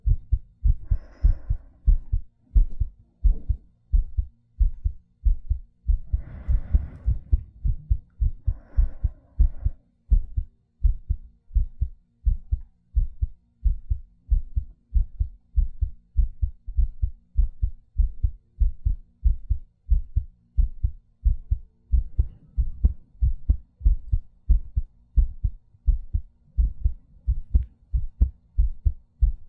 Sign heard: ASMR Heartbeat Breathing.